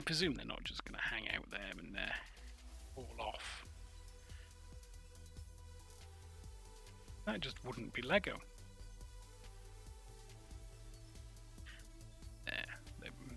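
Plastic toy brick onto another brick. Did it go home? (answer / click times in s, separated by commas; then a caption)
yes / 12.5 s, 12.6 s, 13.1 s. A plastic toy brick is pressed onto another brick while building the Lego Monster Burger Truck set (31104), with someone talking over background music. Sharp, short clicks come at 12.5, 12.6, 12.6 and 13.1 seconds as the bricks lock into place.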